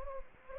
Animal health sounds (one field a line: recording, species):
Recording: mosquito wingbeat signal from an infrared sensor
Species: Anopheles gambiae